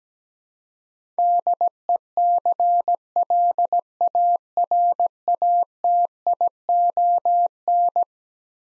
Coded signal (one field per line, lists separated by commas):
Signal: Morse code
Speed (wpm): 17 wpm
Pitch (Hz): 700 Hz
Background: none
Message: DECLARATION